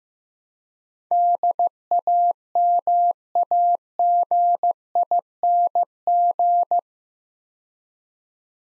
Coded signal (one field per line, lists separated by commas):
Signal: Morse code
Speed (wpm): 15 wpm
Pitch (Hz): 700 Hz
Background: none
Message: DAMAGING